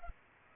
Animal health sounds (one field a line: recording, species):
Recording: mosquito wingbeat signal from an infrared sensor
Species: Culex pipiens